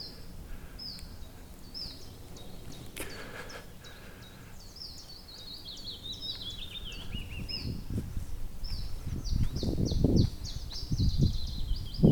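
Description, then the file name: Iberian chiffchaff calling with repeated high, downslurred notes, some run together into quick falling series, while low rustling and rumbling noise grows toward the end. "iberischer zilpzalp"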